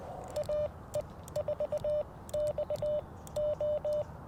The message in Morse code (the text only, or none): AE4XO